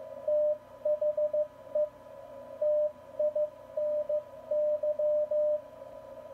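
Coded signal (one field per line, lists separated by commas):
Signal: Morse code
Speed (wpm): 15 wpm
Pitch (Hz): 600 Hz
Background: none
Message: THE TINY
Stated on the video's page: CW received and decoded on a Yaesu FTDX3000 transceiver.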